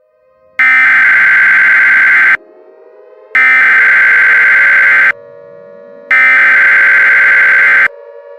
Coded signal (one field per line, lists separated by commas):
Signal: Emergency Alert System (SAME) tones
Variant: header bursts